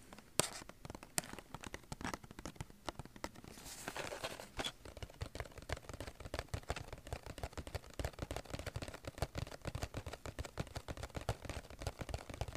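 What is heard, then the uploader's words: Plastic building bricks click and clack. Early on, sharp isolated snaps stand out, with a brief rustling shuffle around four seconds, then dense, fairly regular tapping and clicking continues steadily to the end. No to zero mouth sounds. Lego building ASMR! - clicking , clacking. Tapping, plastic sounds.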